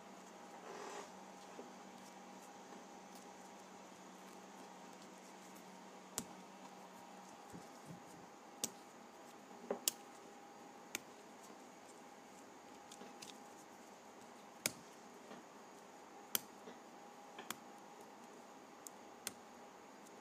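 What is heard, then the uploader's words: Pages of a paper pad flip in sharp, scattered snaps every second or two over a steady low hum that thins after the first seven seconds. Flipping Through a Pad of Paper.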